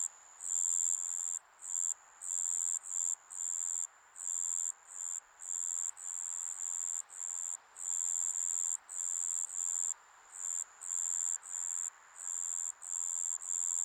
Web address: Sound Effects-Foundation 1 AMBIENCE JAPANESE SUMMER INSECTS